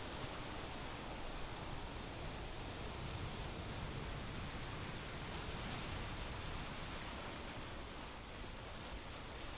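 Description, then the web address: Bell cricket song, a high thin ringing trill held almost without a break, heard under loud, steady wind and surf-like rushing noise. Windy setting with ocean sound. "windy scape osean sound suzumushi"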